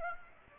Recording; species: mosquito wingbeat signal from an infrared sensor; Aedes aegypti